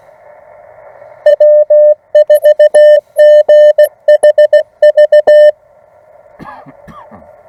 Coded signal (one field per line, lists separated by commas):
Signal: Morse code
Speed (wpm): 16 wpm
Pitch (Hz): 600 Hz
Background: none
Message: W4GHV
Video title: Friend Stops by to see a CW POTA